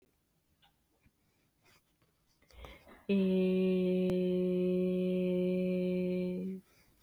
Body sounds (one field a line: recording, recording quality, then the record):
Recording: sustained vowel as in made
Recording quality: excellent, no background noise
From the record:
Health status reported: healthy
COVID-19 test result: negative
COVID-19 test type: RT-PCR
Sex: female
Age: 30 years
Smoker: no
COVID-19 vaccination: one dose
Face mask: not worn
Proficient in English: yes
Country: India